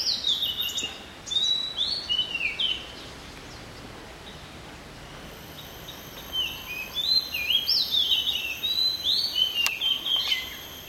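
Magpie-robin song of rich, varied whistles and quick slurred notes in two bursts with a quiet gap between, over faint high hiss.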